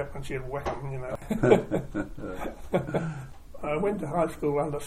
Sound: chuckle